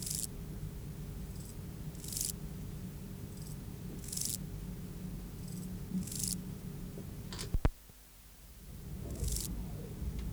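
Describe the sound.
Euchorthippus pulvinatus grasshopper's short rasping buzzes recur about every two seconds; a sharp knock and brief rustling break in partway, then the buzzing resumes once.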